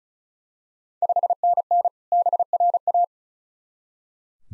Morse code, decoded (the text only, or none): 5NN BRA